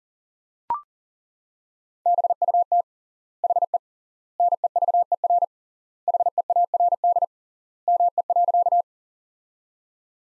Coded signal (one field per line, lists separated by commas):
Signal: Morse code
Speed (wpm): 40 wpm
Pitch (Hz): 700 Hz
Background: none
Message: BUT HE NEVER HEARD ME.